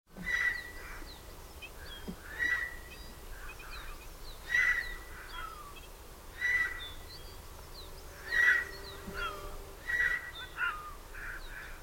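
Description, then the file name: Eurasian jay giving a series of harsh, rasping calls mixed with a sustained whistled tone, repeated every one to two seconds over a steady low background rumble. "Garrulus glandarius"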